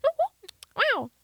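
A brief voiced exclamation, then a loud rising-falling 'wow', a repetitive, out-of-context vocal tic from an adult woman with Tourette syndrome; the tic can be held in for a while but eventually has to happen, like a sneeze.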